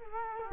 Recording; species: mosquito wingbeat signal from an infrared sensor; Culex quinquefasciatus